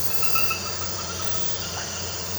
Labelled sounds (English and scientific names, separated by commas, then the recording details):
none
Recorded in pastures near Puerto Asís, Putumayo, Colombia, on 9 March 2025 at 22:30
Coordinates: 0.466, -76.322
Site CSA-02